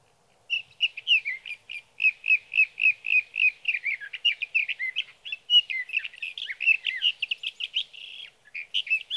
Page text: Birdsong for the Curious Naturalist: Explore #7 Sage thrasher songs, through the night.